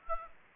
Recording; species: mosquito wingbeat signal from an infrared sensor; Aedes aegypti